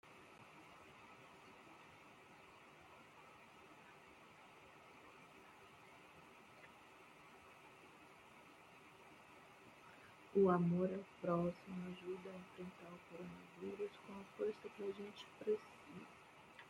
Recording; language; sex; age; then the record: spoken sentence; Brazilian Portuguese; female; 30 to 39 years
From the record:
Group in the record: control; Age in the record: 35 years